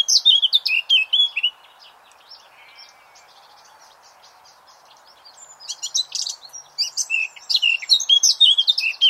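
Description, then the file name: Eurasian blackcap singing two bursts of rapid, scratchy warbling mixed with whistled notes, separated by a quiet pause of several seconds. "Sylvia atricapilla"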